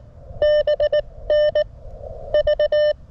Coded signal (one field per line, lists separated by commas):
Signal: Morse code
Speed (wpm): 18 wpm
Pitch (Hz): 590 Hz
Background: none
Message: BN V